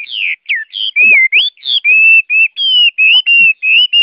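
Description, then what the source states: Chinese hwamei song of loud, pure whistles, swooping down then holding long level notes in quick succession. Song described as 'giọng rừng', the forest-voice style.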